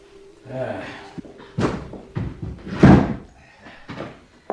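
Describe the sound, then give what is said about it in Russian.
A locked door is tried and jolted in its frame: a handful of heavy, irregular thumps and knocks, the loudest in the middle, over a faint steady hum. “Дверь как будто заперта.”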